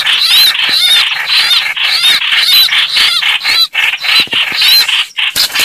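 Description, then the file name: Red-whiskered bulbul distress call: harsh, raspy bursts mixed with looping whistled notes, repeated rapidly and unevenly, almost without pause. Distress call (crying for help). "Tieng trao trao keu cuu"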